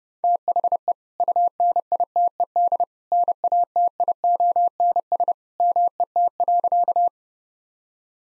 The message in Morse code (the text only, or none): THE UNITED NATIONS MET.